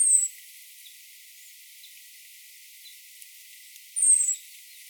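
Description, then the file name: European robin uttering high, thin, slightly descending whistled calls, one at the start and another four seconds later, with soft background hiss. "Erithacus rubecula"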